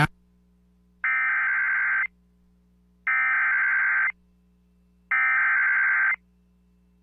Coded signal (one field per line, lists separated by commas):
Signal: Emergency Alert System (SAME) tones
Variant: header bursts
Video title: INDEPENDENCE DAY STORMINESS🇺🇲🇺🇲... EAS Alerts from 7/4/22 (EAS 1,202 - 1,222)